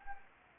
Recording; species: mosquito wingbeat signal from an infrared sensor; Anopheles gambiae